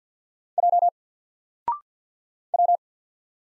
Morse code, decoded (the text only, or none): J W